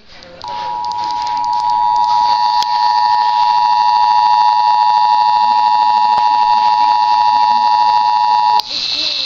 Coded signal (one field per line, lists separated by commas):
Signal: Emergency Alert System (SAME) tones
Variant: 853 and 960 Hz attention tone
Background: speech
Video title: Mississippi's Required Monthly Test on WCPR-FM (via the WCPR app)